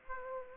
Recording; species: mosquito wingbeat signal from an infrared sensor; Aedes aegypti